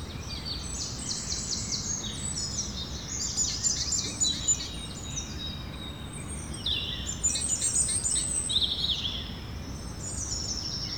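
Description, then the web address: Chorus of birds with dense high twitters and sliding whistles, phrases overlapping in waves, over persistent low background noise. Birds recorded in the evening. "Effects 02-Birds, Insects Animals. Birds evening"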